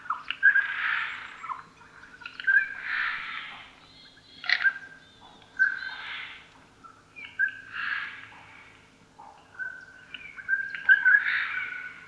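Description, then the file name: Eurasian jay repeating hoarse, tearing screeches at short intervals, some introduced by a sharp click-like note, over quiet background. "Garrulus glandarius"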